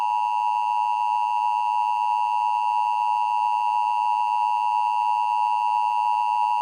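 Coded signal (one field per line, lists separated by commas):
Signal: Emergency Alert System (SAME) tones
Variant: 853 and 960 Hz attention tone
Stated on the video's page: Fictional EAS scenario about an asteroid impact, with valid SAME tones.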